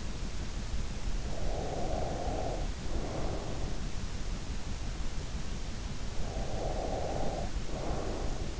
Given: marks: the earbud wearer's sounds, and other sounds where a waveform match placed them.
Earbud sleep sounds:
sounds in sleep by an in-ear microphone; breath
1.36-3.95 s: breath
6.14-8.60 s: breath

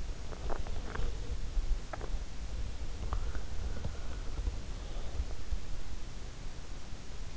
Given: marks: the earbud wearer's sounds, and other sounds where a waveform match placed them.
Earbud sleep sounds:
sounds in sleep by an in-ear microphone; swallowing, breath
0.26-2.76 s: swallowing
3.03-6.11 s: breath

